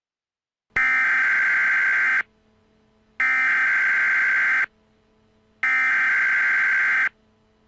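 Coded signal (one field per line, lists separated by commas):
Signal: Emergency Alert System (SAME) tones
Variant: header bursts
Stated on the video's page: Fictitious emergency alert scenario; the tones may or may not be valid EAS tones.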